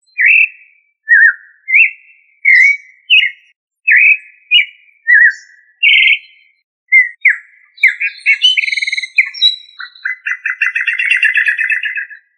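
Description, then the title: Thrush song of short, clear, slurred whistled phrases with brief pauses between them, then a faster run of rapid chattering notes to the end. "Familia Turdidae - Sabia"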